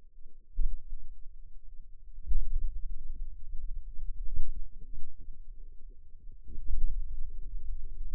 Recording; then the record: forearm muscle sounds (acoustic myography)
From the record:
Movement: pen grasping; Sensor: system 2, bracelet of six BSWA MPA416 microphones around the upper forearm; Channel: 1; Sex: female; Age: 21 years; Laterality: right